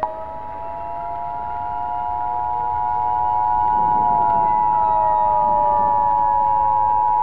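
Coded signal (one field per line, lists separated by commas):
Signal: Emergency Alert System (SAME) tones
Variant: 853 and 960 Hz attention tone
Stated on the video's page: Fictional remastered EAS scenario using a weather radio template.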